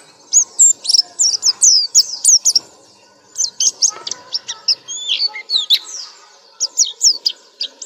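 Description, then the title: Nightingale song: rapid series of high, sharp whistled notes and trills in bursts, with short pauses between phrases. "nightingale masteran"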